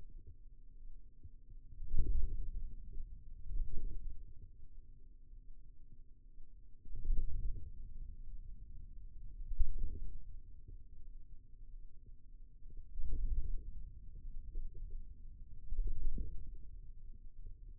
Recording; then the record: forearm muscle sounds (acoustic myography)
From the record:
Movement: wrist flexion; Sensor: system 2, bracelet of six BSWA MPA416 microphones around the upper forearm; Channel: 3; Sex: male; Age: 22 years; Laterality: right